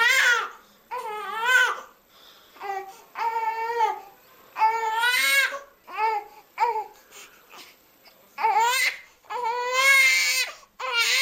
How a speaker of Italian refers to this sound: Lo sentiamo insieme, ciascuno di noi a casa può indovinare per che cosa si nasconde dietro questo vagito, quale bisogno vuole comunicarci il nostro bambino